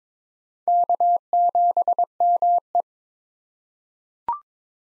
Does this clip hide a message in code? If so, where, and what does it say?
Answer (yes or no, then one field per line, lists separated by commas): yes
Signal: Morse code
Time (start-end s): 0.7-2.8 s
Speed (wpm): 21 wpm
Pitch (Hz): 700 Hz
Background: none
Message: K7ME